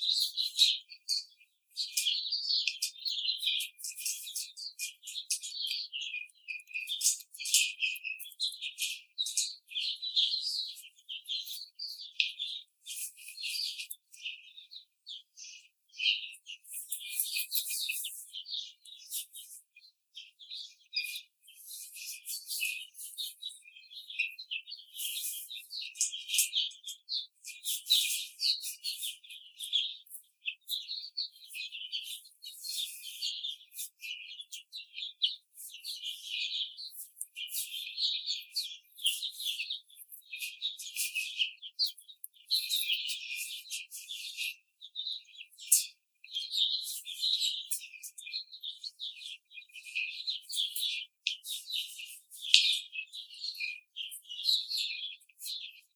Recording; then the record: young laying hens in a cage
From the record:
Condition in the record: treatment cage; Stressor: simulated dog barking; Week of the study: 5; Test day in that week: 1